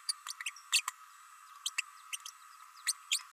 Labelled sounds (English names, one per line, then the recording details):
Green-rumped Parrotlet babbling
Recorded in a nest box in Venezuela
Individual 18B104A5